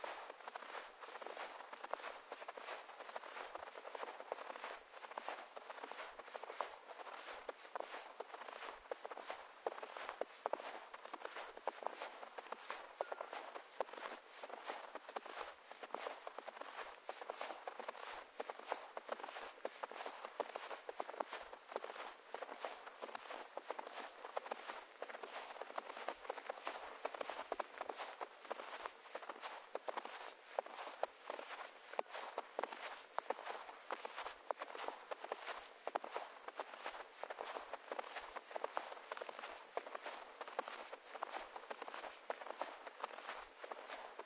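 Footsteps crunch through snow, continuous for the whole stretch. The steps come quickly and densely, each a dry, bright crackle with almost no low rumble beneath. The pace stays fairly even, with no other sounds around them.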